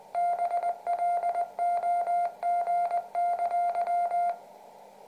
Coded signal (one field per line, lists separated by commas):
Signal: Morse code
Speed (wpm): 19 wpm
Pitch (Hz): 700 Hz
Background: none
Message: BLOG!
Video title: An Arduino powered IBM PS/2 Morse Keyboard